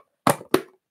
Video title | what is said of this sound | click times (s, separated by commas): Learn to Paint One Stroke - LIVE Paris Stencil Demonstration With Donna - Donna Dewberry 2023 | hear that and you click it all the way around so that you | 0.3 s, 0.5 s